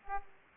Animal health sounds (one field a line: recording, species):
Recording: mosquito wingbeat signal from an infrared sensor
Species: Aedes aegypti